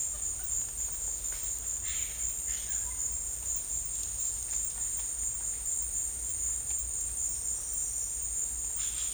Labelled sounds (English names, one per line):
none